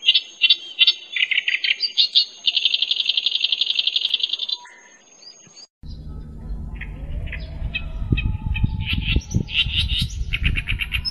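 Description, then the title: Clamorous reed warbler delivering rhythmic grating chatters and a long buzzy rattle, then a pause before squeaky varied phrases return over a low rumbling background noise. Described as a melodious song, sung vigorously. "Masteran Suara Merdu Burung Kerak Basi Besar Gacor"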